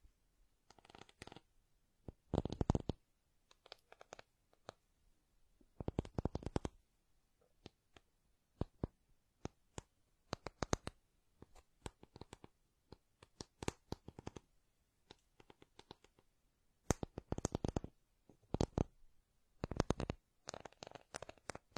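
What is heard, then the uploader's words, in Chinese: Deep ear digging: scratchy, crackling scrapes arrive in irregular bursts, some brief clicks and others longer rasping strokes lasting about a second. Quiet gaps separate them, with denser clusters around the third, seventeenth and twentieth seconds. 深挖耳朵。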